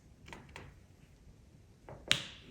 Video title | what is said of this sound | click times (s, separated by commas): Diamond Painting -- Mini WIP & Chat #53 -- One Year Wip 'Versary & My Birthday - OH MY! | That's one thing about using glue dots. It has such a nice click to it. | 2.1 s